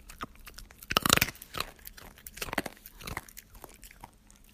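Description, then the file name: Dog chewing and crunching treats, sharp irregular crunches loudest near the start, then softer chewing sounds. "dog eating treats"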